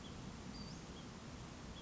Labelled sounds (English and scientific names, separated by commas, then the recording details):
Western Flycatcher (Empidonax difficilis)
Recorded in Sonoma County, California